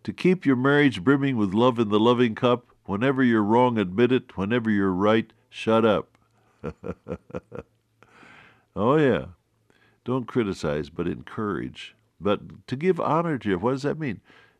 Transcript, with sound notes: To keep your marriage beaming with love, in the loving cup, whenever you’re wrong admit it, whenever you are right, shut up. (Laughs) Oh yeah, don’t criticize but encourage. But ‘to give honor to your…’, what does that mean?